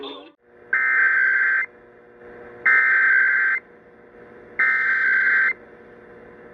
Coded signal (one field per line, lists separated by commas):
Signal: Emergency Alert System (SAME) tones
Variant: header bursts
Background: speech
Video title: February 2024 Texas Required Monthly Test (EAS #552-560)